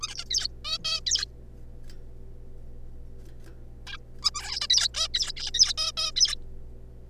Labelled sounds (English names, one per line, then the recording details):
Zebra Finch
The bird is a juvenile
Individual R3549